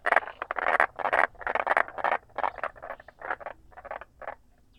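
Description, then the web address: Frog giving loud rattling bursts in quick succession, each lasting a fraction of a second, gradually fading toward the end. Recorded 6 April 2019. "frog 20190406"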